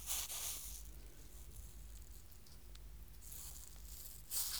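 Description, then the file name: Jungle nymph hissing: a broad airy rasp at the start, quiet low rumble in between, then two more sharp hissing bursts near the end. "Heteropteryx dilatata"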